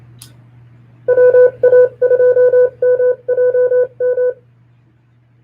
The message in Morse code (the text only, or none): WA2MJM